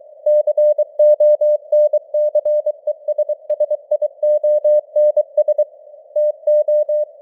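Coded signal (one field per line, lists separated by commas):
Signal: Morse code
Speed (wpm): 23 wpm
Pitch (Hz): 600 Hz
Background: none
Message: CONCESSIONS TO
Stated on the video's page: Morse news headlines at 23 wpm with simulated radio noise and varying signal strength (QSB); experimental.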